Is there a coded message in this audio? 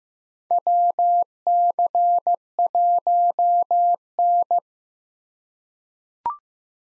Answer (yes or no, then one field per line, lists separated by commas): yes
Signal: Morse code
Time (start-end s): 0.5-4.6 s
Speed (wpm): 15 wpm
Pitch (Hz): 700 Hz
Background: none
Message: WC1N